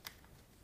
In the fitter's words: Set it in there, and it's locked into place.